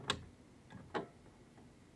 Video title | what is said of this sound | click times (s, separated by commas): Replace Print Cartridge on Canon Maxify MB2720 with Remanufactured Ink | and push it until it snaps | 0.1 s